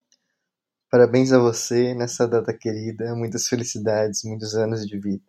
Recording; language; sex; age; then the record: short text; Brazilian Portuguese; male; 20 to 29 years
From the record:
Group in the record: control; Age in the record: 25 years